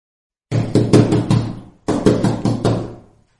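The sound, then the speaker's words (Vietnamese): Two quick bursts of urgent, heavy pounding on a room door from outside, each five or so loud thuds in fast succession, separated by a brief pause, with a resonant low boom under every blow. “Mắt điếc tai ngơ với tiếng đập cửa truyền đến gấp ngoài cửa phòng.”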